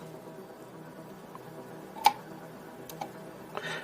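A card is pushed harder into the slot on a Compute Module IO board after an earlier attempt that did not click into place. A sharp click at 2.1 s shows it has seated, because it just wasn't being pushed hard enough. Fainter ticks and a short rustle follow.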